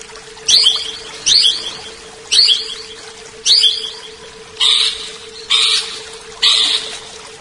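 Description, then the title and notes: Leafbird gives harsh, buzzy chattering bursts repeated roughly once a second, seven in a row, over a steady electrical hum. "CCKIJDaunKecil. Cucak Ijo"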